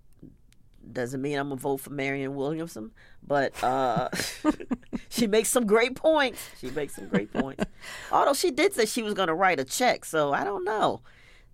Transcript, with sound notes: doesn't mean I'm going to vote for Marianne Williamson. But...
(Laughter).
She makes some great points. She makes some great points, although she did say she was going to write a check, so I don't know.